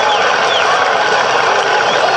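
Steady, dense applause after a poem recitation on the Espaço Cultural program of Rádio Ideal, a continuous crackling wash of many hands clapping at even loudness for about two seconds, with no voices standing out.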